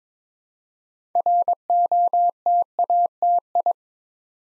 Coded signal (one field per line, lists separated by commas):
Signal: Morse code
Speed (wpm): 22 wpm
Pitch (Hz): 700 Hz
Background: none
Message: ROTATI